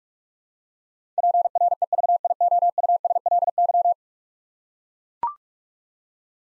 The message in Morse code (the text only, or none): PREVIOUSLY